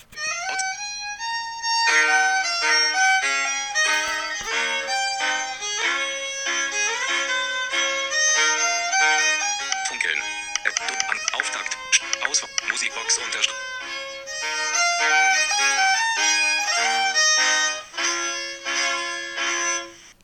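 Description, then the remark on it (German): A mobile phone ringtone plays a bright, synthetic melody of stepping tones that repeats steadily for about twenty seconds, with a flurry of clicky percussive hits in the middle and no talking. “Euer Handy könnte vielleicht zum Beispiel so klingeln.”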